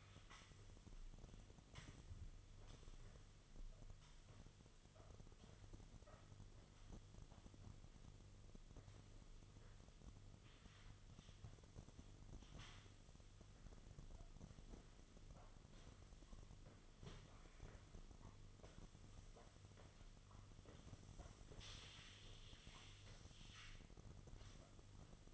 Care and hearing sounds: daily activity, microphone in the room; sweep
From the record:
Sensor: 4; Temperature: 26.3 degrees Celsius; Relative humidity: 32.1%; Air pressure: 1005.6 hPa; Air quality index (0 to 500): 110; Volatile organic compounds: 3 ppm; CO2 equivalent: 1367 ppm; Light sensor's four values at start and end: 13/29/11/11 and 13/29/11/11

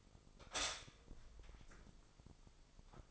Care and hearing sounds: daily activity, microphone in the room; stop toaster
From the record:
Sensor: 5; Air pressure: 995.4 hPa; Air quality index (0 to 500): 107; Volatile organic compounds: 8 ppm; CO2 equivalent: 2058 ppm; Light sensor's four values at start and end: 35/83/33/34 and 35/84/34/34

